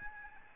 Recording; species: mosquito wingbeat signal from an infrared sensor; Aedes albopictus